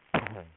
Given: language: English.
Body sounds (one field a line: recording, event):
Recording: throat vibration sensor signal played as sound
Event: cough